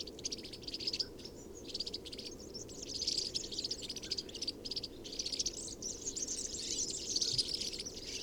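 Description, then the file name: European serin song in short high buzzy, jangling bursts separated by brief gaps. Recorded 22 January 2017 at Binsham. "Girlitz. Binsham. Susanne Rieck"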